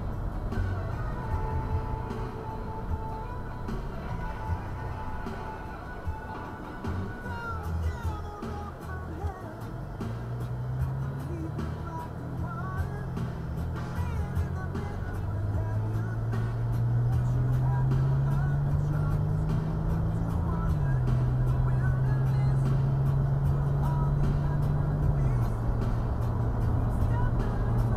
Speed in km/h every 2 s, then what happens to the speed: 47, 29, 15, 5, 8, 16, 27, 39, 53, 63, 71, 77, 84, 85.
0-7 brakes to 5. 7-24 speeds up to 84.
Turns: 5-13.